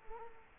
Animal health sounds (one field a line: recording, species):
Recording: mosquito wingbeat signal from an infrared sensor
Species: Culex quinquefasciatus